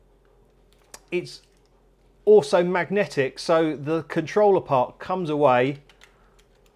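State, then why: Seated. The detachable magnetic controller of a Philips Hue wireless dimmer switch is pulled off its plastic wall mounting plate and put back. Someone talks throughout, with a short tick near 0.9 s. The controller snaps back into the mount at 6.0 s.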